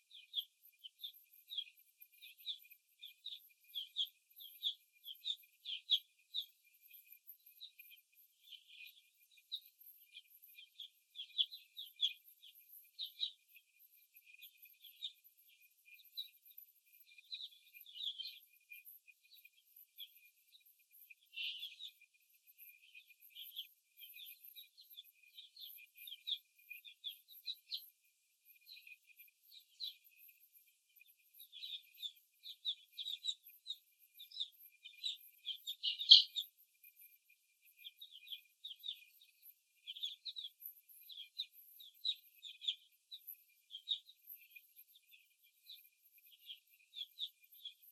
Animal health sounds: young laying hens in a cage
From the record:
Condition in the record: after the stressor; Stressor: simulated dog barking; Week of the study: 1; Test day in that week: 2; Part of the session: 3

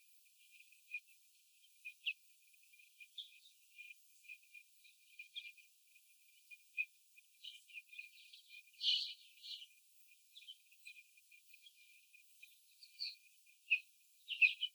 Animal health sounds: young laying hens in a cage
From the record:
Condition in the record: before the stressor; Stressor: sudden umbrella opening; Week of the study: 3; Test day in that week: 2

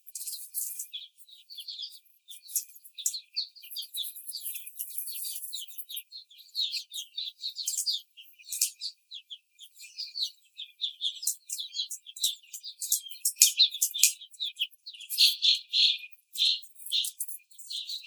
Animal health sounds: young laying hens in a cage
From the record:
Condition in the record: after the stressor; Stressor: simulated dog barking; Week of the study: 4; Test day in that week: 2

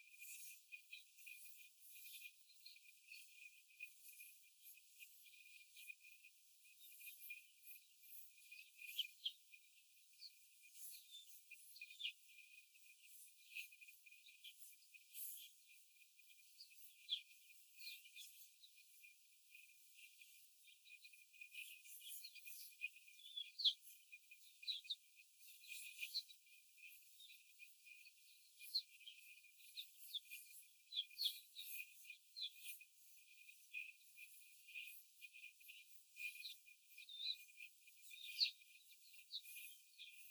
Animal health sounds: young laying hens in a cage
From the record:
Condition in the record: before the stressor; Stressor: simulated dog barking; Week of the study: 4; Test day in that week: 1

